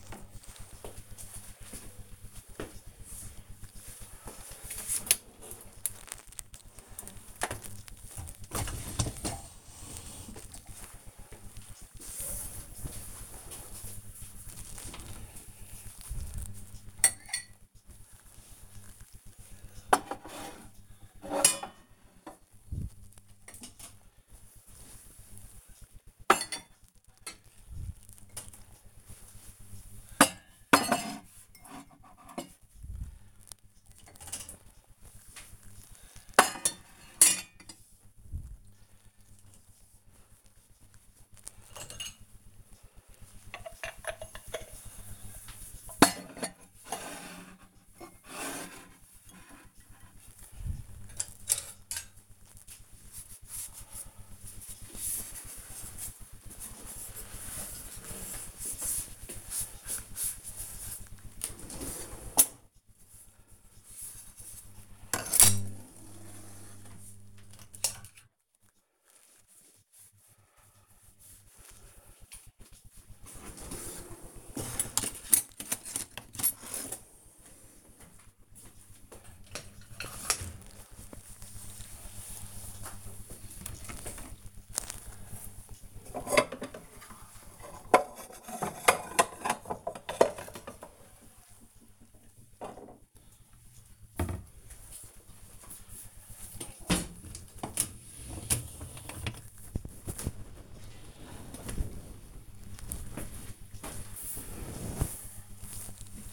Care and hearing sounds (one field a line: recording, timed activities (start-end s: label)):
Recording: household activities, microphone on the right wrist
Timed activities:
5.46-101.18 s: cleaning out the dishwasher